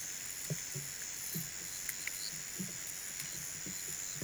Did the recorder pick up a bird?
no